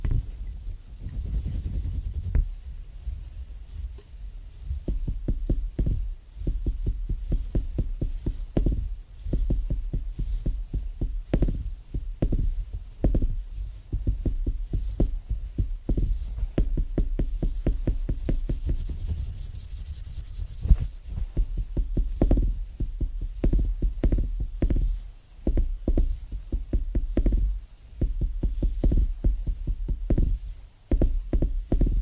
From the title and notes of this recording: ASMR Rhythmic Tapping Bassy & Soft No Talking.